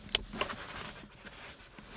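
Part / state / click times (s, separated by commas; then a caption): USB port module into car center console trim panel / seated / 0.1 s, 0.4 s. A replacement USB port module for Apple CarPlay on a 2016-17 Focus RS is pushed down with some force into its plastic opening in the center console trim panel, the wiring being stiff from the cold. Two sharp snaps are heard at 0.2 s and 0.4 s, followed by quiet background noise. The module is seated with no damage and looks no different from the original.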